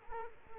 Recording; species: mosquito wingbeat signal from an infrared sensor; Culex quinquefasciatus